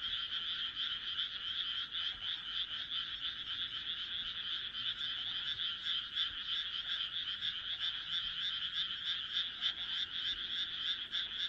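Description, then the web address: Frog chorus of rapid, grating croaks overlapping into one continuous rattling drone. "kaeru kaeru"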